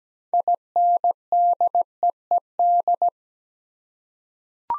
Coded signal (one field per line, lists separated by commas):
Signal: Morse code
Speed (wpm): 17 wpm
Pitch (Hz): 700 Hz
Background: none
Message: INDEED